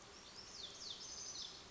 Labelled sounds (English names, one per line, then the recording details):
Lazuli Bunting
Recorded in Sonoma County, California